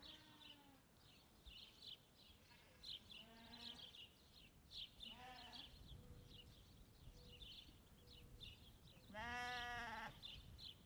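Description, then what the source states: Sheep bleating, several wavering bleats scattered throughout with one loud bleat near the end, over constant high chirping of birds or insects and faint background noise. Sheep on a ranch in Montana.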